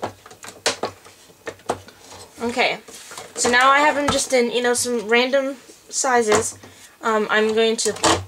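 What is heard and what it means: The white locking pieces on the plastic cut-blade holders of a Xyron Creatopia tabletop paper trimmer are pulled toward the user and snap into place, with a sharp click at 0.7 s and another at 1.7 s among smaller taps. Someone then talks. Each blade holder lock is seated.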